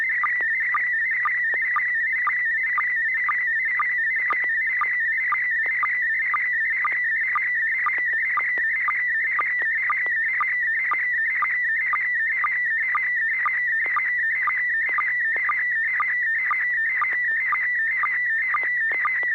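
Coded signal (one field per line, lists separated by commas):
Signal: SSTV (slow-scan television)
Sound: warbling tone around 2 kHz with steady rhythmic ticks about twice a second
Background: low hum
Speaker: somehow my sstv resumed work and is doing its job now at least on the receive side i need to test for transmit but it looks like neil there in a a straw hat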